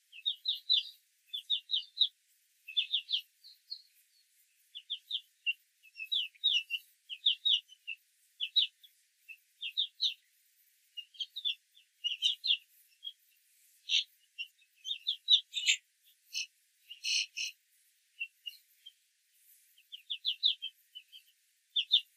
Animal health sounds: young laying hens in a cage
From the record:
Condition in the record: control cage, after the stress test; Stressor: none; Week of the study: 4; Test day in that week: 1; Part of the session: 1

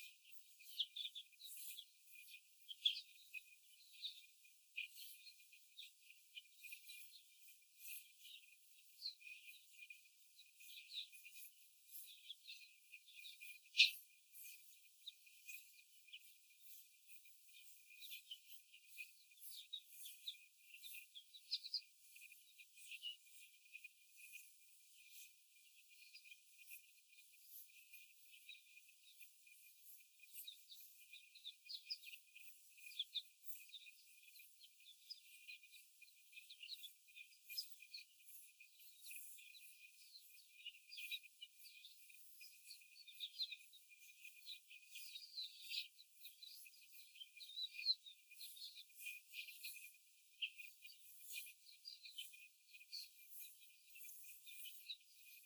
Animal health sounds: young laying hens in a cage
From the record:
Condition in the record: before the stressor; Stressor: simulated dog barking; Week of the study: 4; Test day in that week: 1

